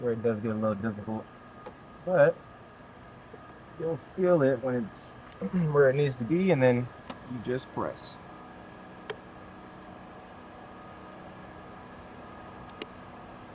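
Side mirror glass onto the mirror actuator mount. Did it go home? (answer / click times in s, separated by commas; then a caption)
yes / 9.1 s, 12.8 s. Someone talks while new side mirror glass for an F8x is lined up with the mirror actuator mount and pressed in, over a steady low background hum. Sharp snaps are heard at 9.1 s and 12.8 s as the glass clicks onto the mount and seats.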